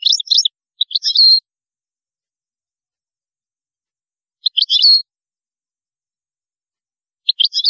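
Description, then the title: European goldfinch song in three brief bursts of high, jingling twitters, spaced a few seconds apart. "Chant Chardonneret"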